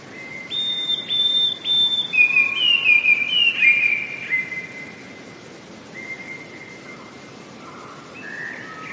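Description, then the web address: Eurasian blue tit song of three high thin whistles and a lively trill, followed by a long faint whistle and softer notes. "wroblowe teka spiew. wroblowe teka modraszkoteka"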